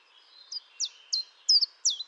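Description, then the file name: Common chiffchaff song: sharp, high descending notes repeated at a steady pace, building in loudness, over a faint steady background hiss. "Pouillot-véloce"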